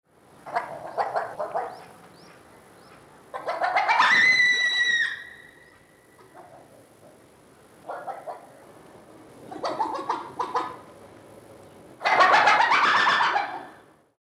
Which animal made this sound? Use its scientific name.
Cuon alpinus